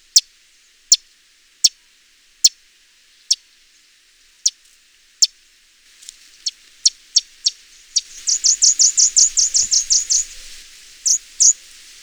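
Orange bishop calls: sharp, very high ticks spaced under a second apart, speeding up, then a fast buzzy chattering run of chips before a final pair of notes.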